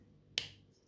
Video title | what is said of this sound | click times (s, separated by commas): ROKR Scout Beetle assembly first steps - robotime mechanical age organism | I have no idea why it needs the screws, because it's like it snaps right in, but | 0.4 s